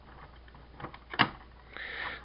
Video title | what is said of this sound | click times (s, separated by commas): Transformers Kingdom Rodimus Prime | it snaps into place | 1.2 s